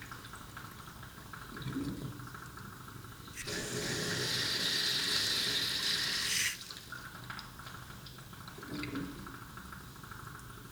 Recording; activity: daily activity, guitar pickup as the sensor; flush